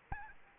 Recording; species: mosquito wingbeat signal from an infrared sensor; Aedes albopictus